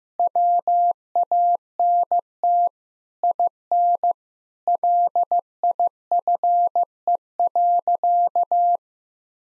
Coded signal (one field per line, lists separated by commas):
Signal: Morse code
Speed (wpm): 16 wpm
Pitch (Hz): 700 Hz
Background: none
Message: WANT IN LIFE.